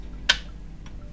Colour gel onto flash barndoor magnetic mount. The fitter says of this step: and it snaps into place.